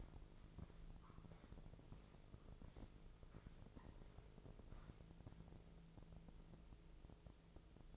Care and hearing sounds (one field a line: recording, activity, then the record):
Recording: daily activity, microphone in the room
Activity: walk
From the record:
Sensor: 5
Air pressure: 1005.6 hPa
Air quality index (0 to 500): 92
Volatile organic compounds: 2 ppm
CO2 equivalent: 1116 ppm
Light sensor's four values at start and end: 33/76/30/29 and 33/76/30/29